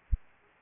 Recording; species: mosquito wingbeat signal from an infrared sensor; Aedes aegypti